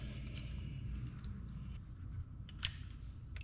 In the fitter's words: Make sure you hear that positive click.